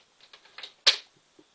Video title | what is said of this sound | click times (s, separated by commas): Laptop screen replacement / How to replace laptop screen Toshiba Satellite L510-01Q | it just pops right in like that | 0.9 s